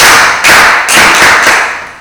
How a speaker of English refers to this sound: And then for him, you have to, for him, wake him up so we can clap for him. 1, 2, 3, go.